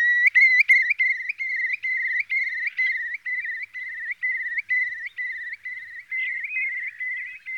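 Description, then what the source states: Eurasian curlew giving a continuous bubbling trill of quick, evenly repeated whistled notes throughout. Filtered recording.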